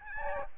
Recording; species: mosquito wingbeat signal from an infrared sensor; Aedes albopictus